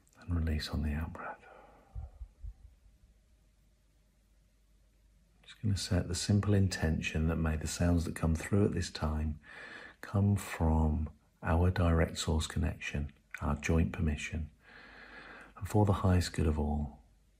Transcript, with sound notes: and release on the out breath. (breathing deeply) Just gonna set the simple intention that may the sounds that come through at this time come from our direct source connection, our joint permission, and for the highest good of all.